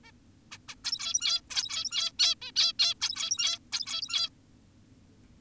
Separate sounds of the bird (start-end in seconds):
0.04-0.12, 0.52-0.58, 0.68-0.75, 0.84-1.41, 1.50-2.12, 2.20-2.35, 2.42-2.52, 2.56-2.73, 2.79-2.94, 3.01-3.59, 3.73-4.30